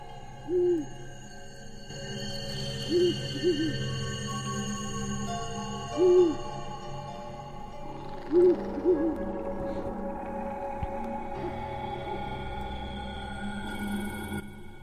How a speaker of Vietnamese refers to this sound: Ở trên cành cây gần đó, tiếng con chim cú lại vang lên, như là dự báo sẽ có điểm chẳng lành.